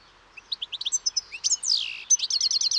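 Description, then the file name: European goldfinch calling with quick liquid twittering notes, a buzzy downward slur, then a fast run of repeated chirps at the end. "Carduelis carduelis"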